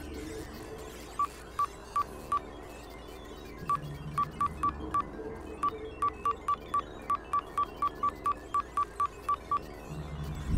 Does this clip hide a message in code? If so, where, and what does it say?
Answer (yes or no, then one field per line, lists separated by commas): no